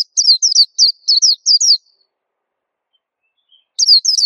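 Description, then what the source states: White-eye singing lively high twitters in paired downslurred notes, a brief pause, then the rapid phrase resumes. Local name pleci; described as a long, melodious song.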